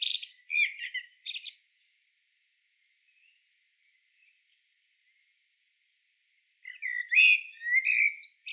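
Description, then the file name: Common blackbird song: two short bursts of high, squeaky twittering, a long near-silent gap with faint notes, then a longer warbled phrase ending in scratchy twittering. "Turdus merula"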